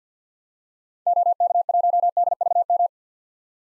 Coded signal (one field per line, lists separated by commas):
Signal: Morse code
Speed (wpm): 50 wpm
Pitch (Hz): 700 Hz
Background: none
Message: OK1DVM